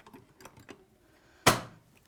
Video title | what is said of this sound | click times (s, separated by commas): Sewing Street – 03/01/2021 – Join Debbie Shore for Pleated Bag & Turtleneck Top with Rachel Illsley | it just snaps back in | 1.5 s